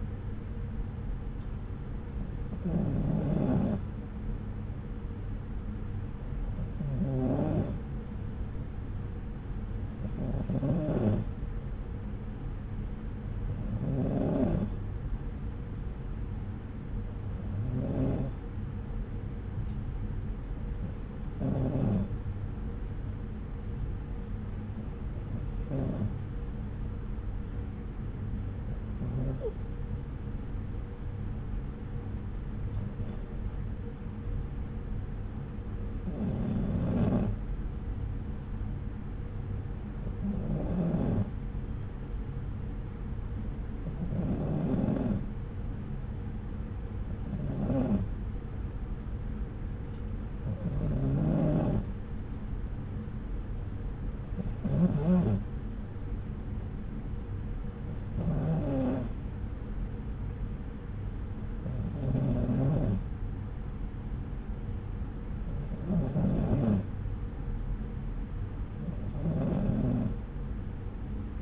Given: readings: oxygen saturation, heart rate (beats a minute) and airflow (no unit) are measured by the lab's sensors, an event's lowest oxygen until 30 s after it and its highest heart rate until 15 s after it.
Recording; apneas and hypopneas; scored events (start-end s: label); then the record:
breathing in sleep by a smartphone at the bedside; none
none scored
From the record:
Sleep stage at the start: N2 (light sleep); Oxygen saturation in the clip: 93 to 94%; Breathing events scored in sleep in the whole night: 303 in 8.1 hours asleep